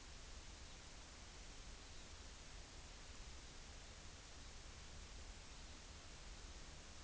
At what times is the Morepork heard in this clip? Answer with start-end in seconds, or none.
none